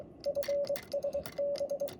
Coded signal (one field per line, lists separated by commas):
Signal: Morse code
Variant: Japanese Wabun code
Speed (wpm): 23 wpm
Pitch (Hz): 570 Hz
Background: radio noise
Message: チラハ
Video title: Vibroplex bug key “Lightning Bug”QOD6 Japanese Morse code.